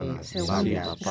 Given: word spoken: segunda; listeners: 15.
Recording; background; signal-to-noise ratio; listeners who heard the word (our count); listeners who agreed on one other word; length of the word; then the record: one Spanish word in noise, from a listening test; four-talker babble; -1.5 dB; 3 of 15; 6 of 15; 0.71 s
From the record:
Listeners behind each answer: 6, 3, 2, 1, 1, 1, 1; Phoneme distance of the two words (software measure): 7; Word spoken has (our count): 3 syllables, 7 phonemes, stress on syllable 2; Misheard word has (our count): 3 syllables, 8 phonemes, stress on syllable 2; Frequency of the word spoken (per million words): 218.69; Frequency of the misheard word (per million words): 5.05